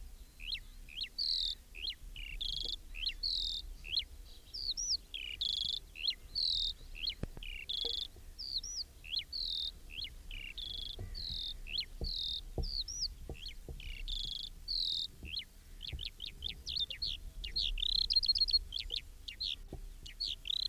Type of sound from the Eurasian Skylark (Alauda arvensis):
song